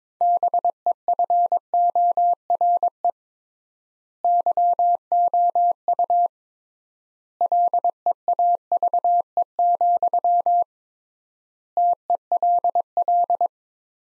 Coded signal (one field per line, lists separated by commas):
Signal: Morse code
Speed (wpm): 22 wpm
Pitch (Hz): 700 Hz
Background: none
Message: BEFORE YOU LEAVE, TELL